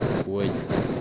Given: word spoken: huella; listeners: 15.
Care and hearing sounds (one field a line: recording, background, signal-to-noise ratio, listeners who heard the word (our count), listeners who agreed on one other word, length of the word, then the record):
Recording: one Spanish word in noise, from a listening test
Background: noise modulated by three-talker babble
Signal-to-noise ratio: -3.3 dB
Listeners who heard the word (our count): 0 of 15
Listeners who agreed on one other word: 12 of 15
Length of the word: 0.61 s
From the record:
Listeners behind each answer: 12, 1, 1, 1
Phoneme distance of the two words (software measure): 17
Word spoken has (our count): 2 syllables, 4 phonemes, stress on syllable 1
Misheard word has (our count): 2 syllables, 5 phonemes, stress on syllable 1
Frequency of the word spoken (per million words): 14.61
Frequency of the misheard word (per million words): 56.43